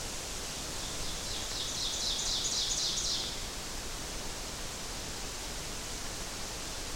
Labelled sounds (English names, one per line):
Ovenbird song